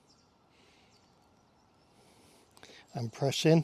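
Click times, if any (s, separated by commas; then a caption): none. A plastic wiper blade adapter is lined up with the grooves on the metal wiper arm of an Audi A3's front wiper, fitted without tools, before being pressed in. Only faint handling noise is heard over a quiet background, with two small taps around 2.6 s, then someone talks. Nothing has clicked or seated yet.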